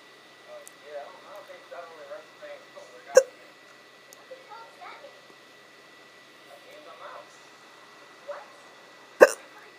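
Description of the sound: An adult hiccups twice, sharp and abrupt, against quiet, soft murmured speech. The first hiccup comes near three seconds and the second near nine seconds, about six seconds apart. Each is a brief gulping click from a sudden diaphragm spasm with abrupt glottal closure.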